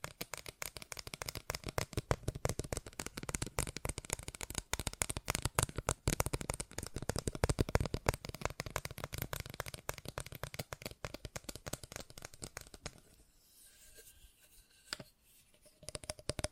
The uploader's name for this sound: ASMR Fast Tapping